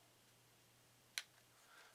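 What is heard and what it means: The belt arm head of a Smith's 51194 tool and knife sharpener, sold by Walmart, is rotated until it pops into an indented detent in the sharpener body. One sharp click sounds at 1.2 s over quiet background with a faint steady low hum. The head seats securely in place.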